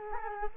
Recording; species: mosquito wingbeat signal from an infrared sensor; Culex quinquefasciatus